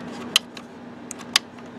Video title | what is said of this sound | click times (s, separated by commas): CIS-CISS for Canon Maxify MB2720, MB2120, MB5420, MB5120, iB4110 | that click you want to hear that click and then | 0.4 s, 1.4 s